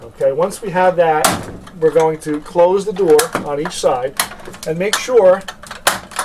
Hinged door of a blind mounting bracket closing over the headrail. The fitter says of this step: that you hear The Little Door snap into place okay that means that the door is closed tightly